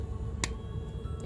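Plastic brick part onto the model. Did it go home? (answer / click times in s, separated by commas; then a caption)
no / none. A plastic brick part is pushed onto the model, giving one sharp, snap-like tap at about 0.4 s over a low, steady background hum. The brick has not clicked in yet, and no click is heard.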